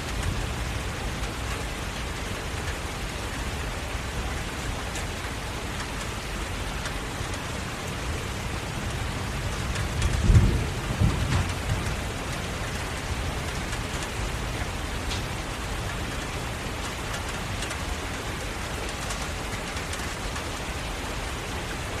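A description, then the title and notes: Steady, dense rain hisses evenly throughout, with a brief low rumble swelling around the middle before the even patter continues. Serene Rain Sounds.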